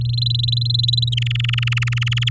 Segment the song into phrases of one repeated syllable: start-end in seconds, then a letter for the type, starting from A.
0.01-1.14 A, 1.17-2.29 B